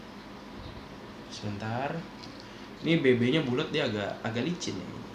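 A round, slightly slippery 6 mm BB pellet is being handled at the loading port of a Johnson M-801 spring airsoft sniper rifle for another try at inserting it. Someone talks over faint handling noise and a steady background hum. Nothing has seated or clicked yet; the pellet is not yet home when the clip ends.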